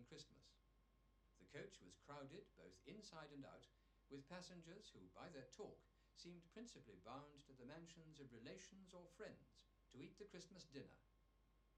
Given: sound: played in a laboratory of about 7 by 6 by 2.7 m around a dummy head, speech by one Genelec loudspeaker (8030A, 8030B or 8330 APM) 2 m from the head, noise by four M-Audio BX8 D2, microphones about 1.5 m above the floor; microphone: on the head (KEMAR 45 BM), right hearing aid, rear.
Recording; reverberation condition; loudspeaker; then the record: male speech in English; low; behind (180 degrees)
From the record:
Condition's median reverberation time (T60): about 310 ms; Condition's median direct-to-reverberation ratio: about 3.5 dB